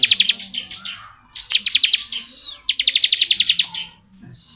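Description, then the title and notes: Bar-winged prinia song: three bursts of rapid, high, buzzy chip trills, each about a second long and separated by short pauses, with a faint low hum beneath. Ciblek 'ngebren' song style, used as tutor audio for white-rumped shamas (murai batu) to copy. "Ciblek Ngebren Untuk Masteran Murai Batu. Suara burung ciblek - Suara Nada"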